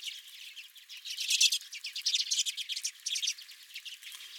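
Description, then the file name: Redpolls giving a steady stream of high twittering and buzzy calls from several birds, the chatter swelling in the middle. Several redpolls at the recordist's own bird feeder. "Redpolls at My Feeder"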